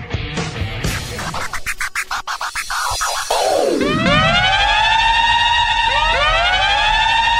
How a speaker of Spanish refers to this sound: Suena la sirena en Alfin Solos